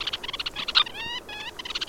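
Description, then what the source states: Red-necked Phalarope chattering with rapid high notes, broken by two brief harmonic calls before the quick chatter resumes. Arctic shorebird, seen on coasts during migration and rarely inland; described as making funny noises.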